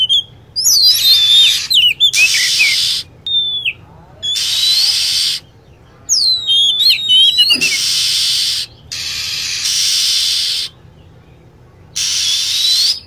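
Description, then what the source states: Lovebird calls: clusters of shrill whistled chirps with quick pitch swoops, alternating with loud bands of hiss. Recording used as a bird lure (pikat) to attract birds.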